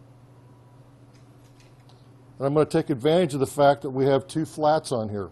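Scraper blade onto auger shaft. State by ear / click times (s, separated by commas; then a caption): not seated / none. On a SaniServ Model WB 700 frozen beverage machine, scraper blades are picked up and lined up on the two flats of the auger shaft, ready to be snapped into place. A low steady hum runs under faint handling noise, with a small tap at 1.9 s, and then someone talks. Nothing has snapped on or clicked into place yet.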